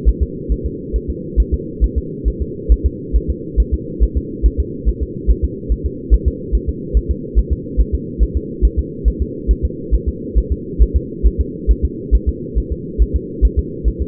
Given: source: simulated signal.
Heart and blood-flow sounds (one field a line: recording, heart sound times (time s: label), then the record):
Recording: fetal heart sounds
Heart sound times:
0.09 s: S1
0.23 s: S2
0.52 s: S1
0.66 s: S2
0.96 s: S1
1.10 s: S2
1.40 s: S1
1.54 s: S2
1.84 s: S1
1.98 s: S2
2.28 s: S1
2.42 s: S2
2.72 s: S1
2.86 s: S2
3.16 s: S1
3.30 s: S2
3.60 s: S1
3.74 s: S2
4.03 s: S1
4.17 s: S2
4.46 s: S1
4.60 s: S2
4.89 s: S1
5.03 s: S2
5.30 s: S1
5.45 s: S2
5.72 s: S1
5.86 s: S2
6.14 s: S1
6.28 s: S2
6.55 s: S1
6.69 s: S2
6.97 s: S1
7.11 s: S2
7.39 s: S1
7.53 s: S2
7.81 s: S1
7.95 s: S2
8.23 s: S1
8.37 s: S2
8.65 s: S1
8.79 s: S2
9.08 s: S1
9.22 s: S2
9.51 s: S1
9.65 s: S2
9.95 s: S1
10.09 s: S2
10.38 s: S1
10.52 s: S2
10.82 s: S1
10.96 s: S2
11.27 s: S1
11.41 s: S2
11.71 s: S1
11.85 s: S2
12.15 s: S1
12.29 s: S2
12.58 s: S1
12.72 s: S2
13.02 s: S1
13.16 s: S2
13.45 s: S1
13.59 s: S2
13.88 s: S1
14.02 s: S2
From the record:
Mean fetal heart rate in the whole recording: 140 bpm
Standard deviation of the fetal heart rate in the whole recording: 2 bpm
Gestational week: 34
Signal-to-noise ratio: -4.1 dB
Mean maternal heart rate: no maternal heart sound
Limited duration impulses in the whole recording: absent